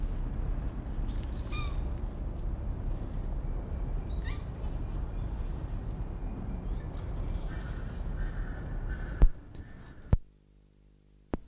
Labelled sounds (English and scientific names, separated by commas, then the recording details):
Hog Deer (Axis porcinus) call
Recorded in captivity
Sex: female
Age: adult
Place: Zoo Berlin, Berlin, DE
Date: 1959-11-07 16:00
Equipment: Reporter (Vollspur)
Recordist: Tembrock, Günter
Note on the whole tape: Weibliches Tier: Rufe (am Gitter zum Männchen). Abstand 10 m